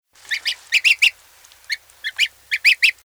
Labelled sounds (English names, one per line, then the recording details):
Greylag Goose
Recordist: Frommolt, Karl-Heinz
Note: Gössel: Kontaktlaute